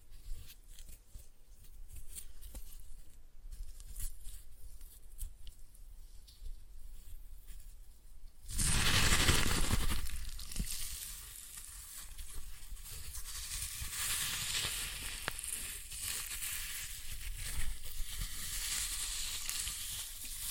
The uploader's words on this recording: ASMR Most Satisfying Floral Foam Glitter Bomb Crushing.